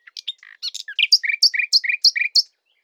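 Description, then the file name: Common nightingale song: a rapid varied phrase of chirps leading into repeated paired notes, a high note followed by a lower one, about five times. "Luscinia megarhynchos"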